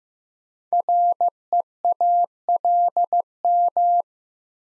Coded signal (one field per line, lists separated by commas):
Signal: Morse code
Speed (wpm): 15 wpm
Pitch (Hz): 700 Hz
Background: none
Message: REALM